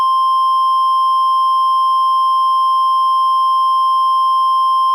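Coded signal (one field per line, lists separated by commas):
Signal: Emergency Alert System (SAME) tones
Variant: 1050 Hz attention tone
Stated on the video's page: Fictional EAS scenario recreating the 1997 Jarrell, Texas tornado.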